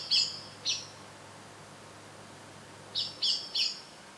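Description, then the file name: Eurasian blackbird giving two sharp chinks, then after a pause three more in quick succession. "Turdus merula"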